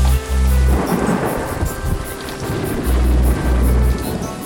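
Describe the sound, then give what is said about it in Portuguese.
A thunderstorm rages with steady, heavy rain hissing throughout while deep, rumbling thunder rolls in low booming swells, strongest at the start and again toward the end. No one speaks. “Logo após a tempestade, toma o céu. A natureza enfurecida ameaça Israel.”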